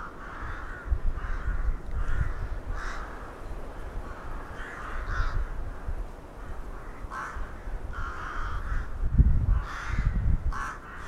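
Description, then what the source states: Several crows cawing in bursts of hoarse calls, with low wind or traffic rumble rising near the end. Crows recorded in Hernals, Vienna, in December 2021.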